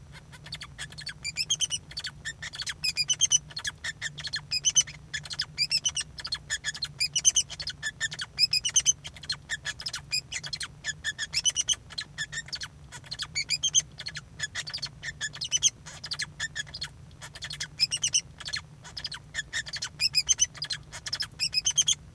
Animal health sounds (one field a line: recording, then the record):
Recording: song of a male Bengalese finch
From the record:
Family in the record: son of father 2